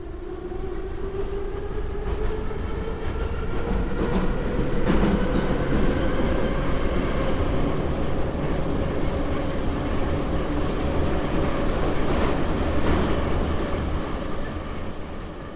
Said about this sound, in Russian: Вагон метро мерно покачивался, мчась во мраке тоннеля.